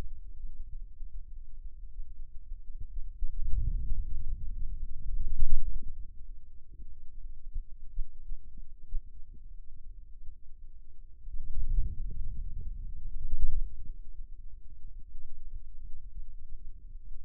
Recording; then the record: forearm muscle sounds (acoustic myography)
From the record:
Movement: ulnar deviation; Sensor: system 2, bracelet of six BSWA MPA416 microphones around the upper forearm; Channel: 3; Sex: male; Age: 22 years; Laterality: right